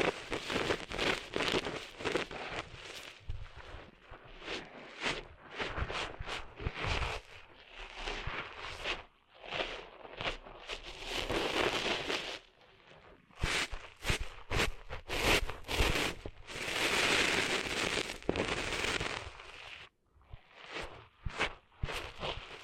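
Ear cleaning with sand: dense, crackling, scratchy rustles that come in long bursts, bright and gritty with a faint low rumble beneath. The sound cuts out briefly several times, near 9, 12 and 20 seconds, then resumes at the same busy pace.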